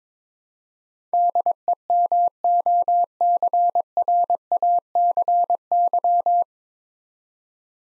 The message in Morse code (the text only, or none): DEMOCRACY